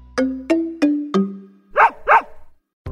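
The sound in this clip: Dog barking: four short, tonal barks followed by two harsher ones, then a sharp sound at the end.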